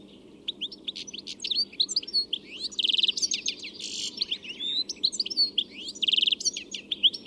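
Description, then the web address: Bird song, continuous rapid high chirps mixed with buzzy trills and sweeping whistled notes, delivered in a dense, unbroken run. "Deverinetal. Bird Only"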